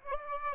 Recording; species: mosquito wingbeat signal from an infrared sensor; Aedes aegypti